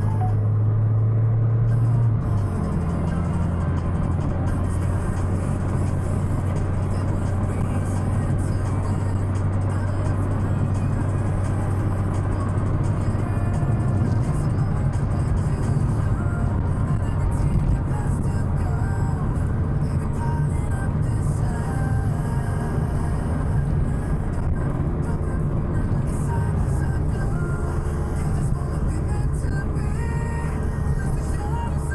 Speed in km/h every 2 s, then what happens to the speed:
77, 81, 85, 87, 88, 88, 86, 82, 79, 77, 74, 72, 71, 70, 68, 65.
0-3 speeds up to 85. 3-10 steady at about 87. 10-32 slows to 65.